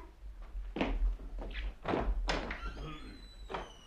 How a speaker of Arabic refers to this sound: انظري يا لمياء من يدق الباب. لعله السقاء يحمل الماء.